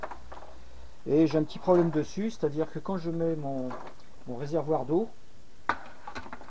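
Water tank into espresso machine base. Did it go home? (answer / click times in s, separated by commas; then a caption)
yes / 5.7 s. Someone talks while setting the plastic water tank (reservoir) onto the base of a Krups KP110 espresso machine. A sharp click at 5.7 s marks the tank seating properly into place, though water later leaks out.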